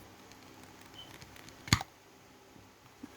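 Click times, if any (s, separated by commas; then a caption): 1.7 s. A metal twist-off lid is twisted open on a sealed glass jam jar, releasing the vacuum so the safety button on top pops. Faint handling noise and light taps lead up to one sharp, loud pop at 1.7 s, then quiet. The seal has released.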